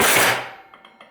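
A kitchen drawer on a soft-close runner is set back on its track and pulled back slowly, with a loud broadband rush at the start that fades out by about 0.6 s. Three short clicks follow at 0.7, 0.9 and 1.0 s as the drawer's base notches lock onto the soft-close slide, and the drawer is seated.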